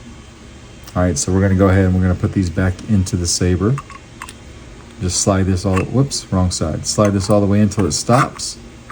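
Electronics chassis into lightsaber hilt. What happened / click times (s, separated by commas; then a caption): The chassis is being slid in but has not yet seated / none. Someone talks while sliding the removable electronics chassis all the way into the hilt of an Exar Kun "Corruption" Neopixel lightsaber staff with Proffie boards, first trying the wrong side. A couple of brief sharp handling ticks sound around 4.2 and 4.3 s during a pause in speech. The chassis has not yet snapped or seated in the hilt by the end of the clip.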